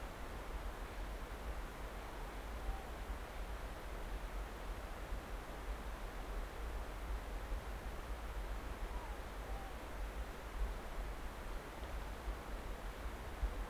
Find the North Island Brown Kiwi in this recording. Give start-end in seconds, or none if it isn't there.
none